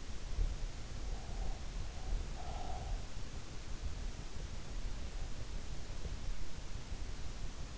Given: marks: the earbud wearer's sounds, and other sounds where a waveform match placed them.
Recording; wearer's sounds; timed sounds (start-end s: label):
sounds in sleep by an in-ear microphone; breath
1.04-3.27 s: breath